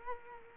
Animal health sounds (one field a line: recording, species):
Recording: mosquito wingbeat signal from an infrared sensor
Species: Culex quinquefasciatus